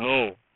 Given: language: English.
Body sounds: throat vibration sensor signal played as sound; speech

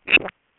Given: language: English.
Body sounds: throat vibration sensor signal played as sound; swallow

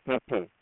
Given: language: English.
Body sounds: throat vibration sensor signal played as sound; speech

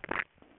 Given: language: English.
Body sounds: throat vibration sensor signal played as sound; swallow

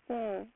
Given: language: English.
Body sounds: throat vibration sensor signal played as sound; speech

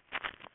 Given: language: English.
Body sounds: throat vibration sensor signal played as sound; swallow

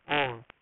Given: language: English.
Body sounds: throat vibration sensor signal played as sound; speech

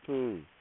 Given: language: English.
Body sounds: throat vibration sensor signal played as sound; speech

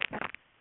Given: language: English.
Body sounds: throat vibration sensor signal played as sound; swallow

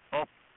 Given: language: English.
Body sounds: throat vibration sensor signal played as sound; speech

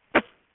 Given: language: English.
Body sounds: throat vibration sensor signal played as sound; cough

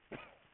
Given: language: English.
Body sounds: throat vibration sensor signal played as sound; cough

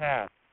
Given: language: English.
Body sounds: throat vibration sensor signal played as sound; speech

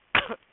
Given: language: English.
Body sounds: throat vibration sensor signal played as sound; cough

